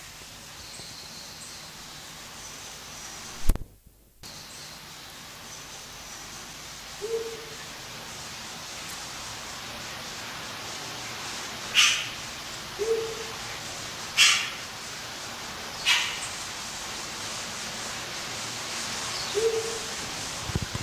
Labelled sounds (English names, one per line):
Amazonian Motmot call